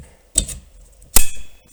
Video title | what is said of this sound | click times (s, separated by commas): 2023 Jeep Wrangler wiper blade removal and install | insert it until you hear the click and that is it then Fold It Down onto the windshield | 0.4 s